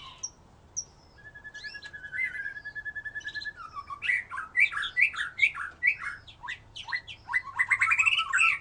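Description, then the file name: White-rumped shama song beginning with short whistles and a long level trill, building into quick, repeated warbled and chattered phrases. "murai batu"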